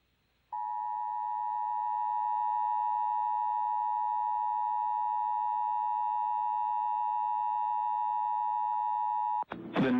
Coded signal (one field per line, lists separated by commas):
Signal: Emergency Alert System (SAME) tones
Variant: 853 and 960 Hz attention tone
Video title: WVCY-TV Tornado Warning [EAS #4]